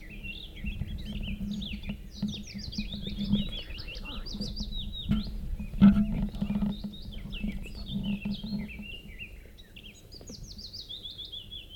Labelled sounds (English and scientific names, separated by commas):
Willow Warbler (Phylloscopus trochilus)